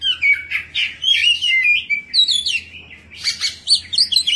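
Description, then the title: Oriental magpie-robin giving a warbled song of sweet slurred whistles and twittering notes, with a soft background hum. "Kacer"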